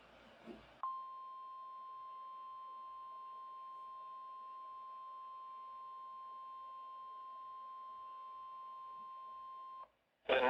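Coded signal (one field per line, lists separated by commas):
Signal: Emergency Alert System (SAME) tones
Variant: 1050 Hz attention tone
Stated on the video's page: Severe Thunderstorm Warning EAS activations from NWS Milwaukee/Sullivan, captured off a Midland WR120BEZ weather radio with a phone voice recorder beside it.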